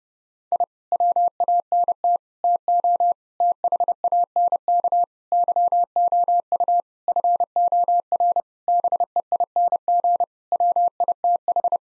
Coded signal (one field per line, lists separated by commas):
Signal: Morse code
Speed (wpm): 30 wpm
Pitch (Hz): 700 Hz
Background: none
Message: I WANT TO THANK YOU FOR BEING WITH